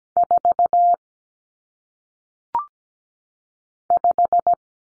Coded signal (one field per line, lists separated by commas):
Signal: Morse code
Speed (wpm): 17 wpm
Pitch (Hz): 700 Hz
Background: none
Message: 4 5